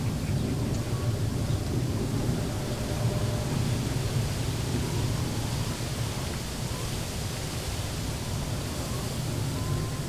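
Wind pushes steadily through empty trees, a dense, unbroken rush weighted toward the low end, holding an even level for the whole stretch.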